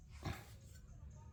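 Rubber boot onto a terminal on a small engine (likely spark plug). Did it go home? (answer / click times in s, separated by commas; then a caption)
no / none. A greased rubber boot, likely the spark plug boot, is handled as it is pushed toward its terminal on the small engine of a Honda Homelite power washer being revived, with the grease applied to keep moisture out. A short, low, rubbery thump of handling noise peaks around 0.3 s over a steady low hum. Nothing has seated or snapped into place yet.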